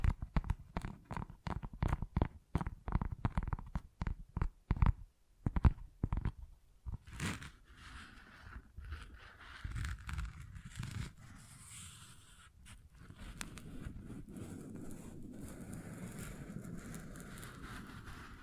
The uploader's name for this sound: Tingly Textures Tapping and Scratching